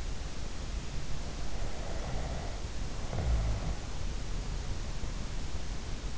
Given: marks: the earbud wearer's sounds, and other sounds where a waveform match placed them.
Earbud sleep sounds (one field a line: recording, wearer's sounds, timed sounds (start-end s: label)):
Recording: sounds in sleep by an in-ear microphone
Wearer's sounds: snoring breath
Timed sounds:
1.17-3.96 s: snoring breath